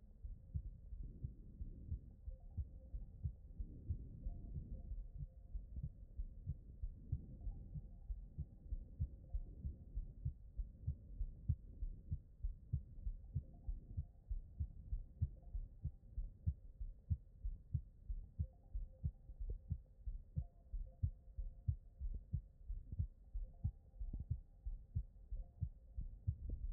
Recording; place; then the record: heart sounds by stethoscope; aortic valve (AV)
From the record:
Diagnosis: non-HFrEF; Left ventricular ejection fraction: 61%